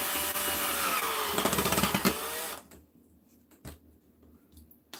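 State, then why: Not seated. A screw is started by hand into the wooden frame of an ottoman being built, before it is driven with a drill. A steady broadband rubbing, whirring noise runs for the first 2.6 seconds, with rhythmic bursts between about 1.4 and 2.1 seconds, then drops to near silence broken by brief knocks around 3.7 and 5.0 seconds. The screw is only started, not all the way in, and nothing has seated yet.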